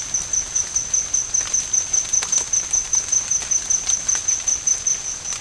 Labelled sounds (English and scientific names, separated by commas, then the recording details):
none
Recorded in dense forest near Puerto Asís, Putumayo, Colombia, on 25 June 2025 at 14:00
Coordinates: 0.481, -76.323
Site G072